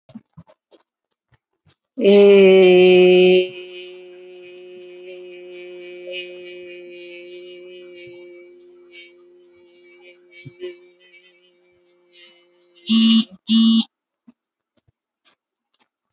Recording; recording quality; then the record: sustained vowel as in made; moderate, slight background noise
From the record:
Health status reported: healthy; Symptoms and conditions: none ticked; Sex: female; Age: 58 years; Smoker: not ticked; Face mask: not worn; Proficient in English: yes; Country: India